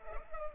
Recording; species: mosquito wingbeat signal from an infrared sensor; Culex pipiens